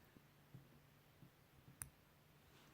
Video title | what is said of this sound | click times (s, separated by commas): Elegant Elements Clasps | listen for the satisfying click when it closes yeah | 1.8 s